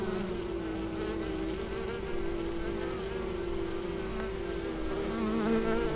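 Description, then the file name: Bee buzzing in flight, a steady low hum with wavering overtones that holds for the whole six seconds and swells slightly near the end. "Bienenflug"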